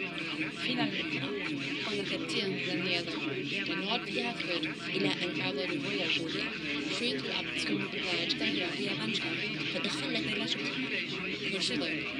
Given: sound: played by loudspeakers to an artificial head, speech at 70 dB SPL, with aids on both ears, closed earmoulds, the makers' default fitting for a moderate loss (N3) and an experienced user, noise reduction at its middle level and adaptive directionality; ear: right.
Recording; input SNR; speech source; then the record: speech test signal (ISTS) in cocktail-party noise; -6 dB; on the right (90 degrees)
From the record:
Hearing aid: class 2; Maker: D